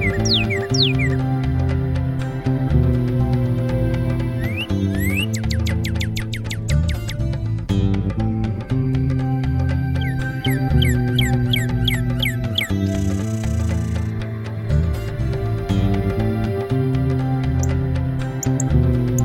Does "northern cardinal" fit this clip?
yes